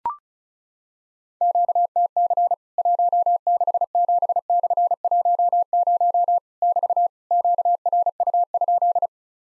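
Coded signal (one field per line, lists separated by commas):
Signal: Morse code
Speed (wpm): 36 wpm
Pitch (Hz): 700 Hz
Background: none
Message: QTC 167/10 <BT> QRU?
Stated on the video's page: Morse practice at 35 wpm simulating Worked All Europe DX Contest QTC exchanges, with random misses and repeat requests; each exchange sent, spoken, then resent.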